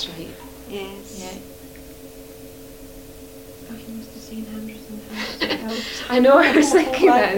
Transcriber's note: laughs